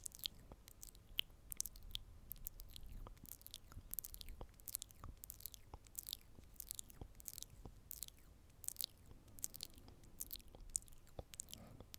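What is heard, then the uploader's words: Up-close mouth sounds: crisp, wet clicks and smacks land irregularly but steadily, several per second, across the whole twelve seconds. Bright, snappy ticks sit over a soft, low rumble close to the microphone, with occasional chewing-like crunches. ASMR Up-Close Mouth Sounds & Personal Attention.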